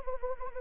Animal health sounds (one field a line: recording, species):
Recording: mosquito wingbeat signal from an infrared sensor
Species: Anopheles arabiensis